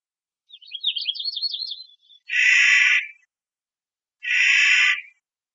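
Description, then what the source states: Clark's nutcracker gives a quick stuttering, wavering trill, then two loud grating squawks two seconds apart. Recorded 5 July 2002.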